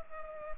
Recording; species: mosquito wingbeat signal from an infrared sensor; Culex pipiens